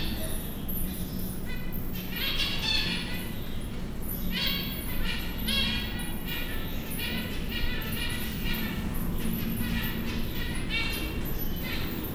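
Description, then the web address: Zebra finch song: dense runs of buzzy, nasal stacked notes repeated in phrases throughout, with constant low-pitched background hum. Captive birds at a zoo in Győr, recorded in 2014 with professional equipment; the less noisy version. "allathangok gyorizoo 2014. zebrapinty"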